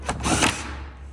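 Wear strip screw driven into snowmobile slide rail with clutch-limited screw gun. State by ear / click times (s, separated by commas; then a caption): torque reached / 0.1 s. A cordless screw gun drives a retaining screw of a plastic Hyfax wear strip into a snowmobile's aluminium slide rail, with a short whirring burst over a steady low hum. The clutch clicks at 0.1 s, meaning the screw is tight enough, followed by a brief louder whir before the sound fades.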